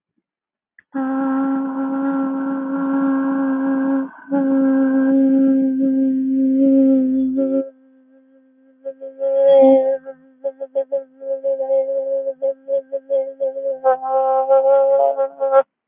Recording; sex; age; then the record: vowel held as long as possible; female; 20 to 29 years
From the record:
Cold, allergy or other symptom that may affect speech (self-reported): no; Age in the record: 24 years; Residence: West Virginia, United States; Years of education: 19